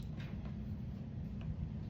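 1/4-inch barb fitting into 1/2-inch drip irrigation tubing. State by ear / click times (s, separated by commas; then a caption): not seated / none. A plastic 1/4-inch barb fitting is picked up and lined up over a freshly punched hole in 1/2-inch poly drip irrigation tubing, ready to be pushed down in. Over a steady low hum, faint handling ticks come near 0.5 s and 1.4 s. Nothing has seated or clicked yet.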